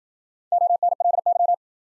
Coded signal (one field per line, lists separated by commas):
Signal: Morse code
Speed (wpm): 53 wpm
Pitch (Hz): 700 Hz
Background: none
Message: ONLY